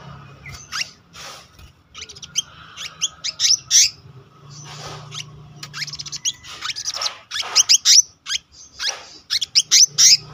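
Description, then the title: Selendang biru song of sharp, squeaky high notes and chattering bursts, coming in rapid clusters with short gaps, over a faint low hum. Continuous rolling song style (gacor ngeroll) with fill-in phrases (isian). "BURUNG SELENDANG BIRU GACOR NGEROLL ISIAN"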